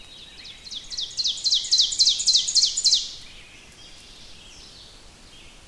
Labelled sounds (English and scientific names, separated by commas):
Ovenbird (Seiurus aurocapilla) song